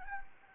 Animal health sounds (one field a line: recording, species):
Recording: mosquito wingbeat signal from an infrared sensor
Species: Anopheles gambiae